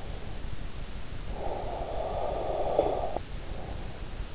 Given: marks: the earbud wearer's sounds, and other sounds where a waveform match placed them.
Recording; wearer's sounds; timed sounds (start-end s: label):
sounds in sleep by an in-ear microphone; snoring breath
1.04-4.20 s: snoring breath